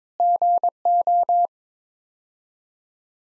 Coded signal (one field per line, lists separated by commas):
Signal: Morse code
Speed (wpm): 21 wpm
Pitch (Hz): 700 Hz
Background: none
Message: GO